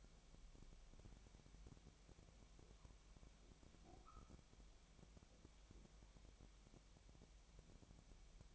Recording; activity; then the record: daily activity, microphone in the room; wipe stove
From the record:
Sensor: 1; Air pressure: 1007.1 hPa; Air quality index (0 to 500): 203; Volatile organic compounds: 22 ppm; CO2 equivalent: 2739 ppm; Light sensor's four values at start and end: 13/33/13/15 and 13/33/13/15